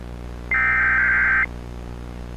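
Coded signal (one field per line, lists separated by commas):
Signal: Emergency Alert System (SAME) tones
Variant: header bursts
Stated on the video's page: EAS scenario recreation using valid EAS tones.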